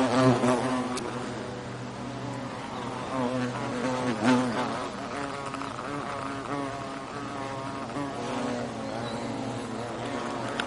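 European hornet wing buzz, a steady low drone with a wavering pitch, loudest at the start and holding on at a slightly quieter level throughout.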